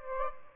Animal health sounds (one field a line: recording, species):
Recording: mosquito wingbeat signal from an infrared sensor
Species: Aedes albopictus